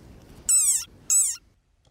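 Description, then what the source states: Desert rain frog cry: two loud, shrill squeaky notes, each about a third of a second, with rich harmonics and a slight downward bend, separated by a brief pause. Adult desert frog found only on the Namaqualand coast of South Africa; known for its terrifying war cry.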